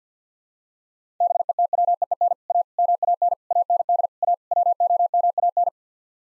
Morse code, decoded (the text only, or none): BETWEEN A MAN AND A WOMAN